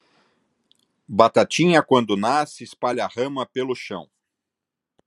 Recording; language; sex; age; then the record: short text; Brazilian Portuguese; male; 60 to 69 years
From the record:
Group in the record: control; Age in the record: 65 years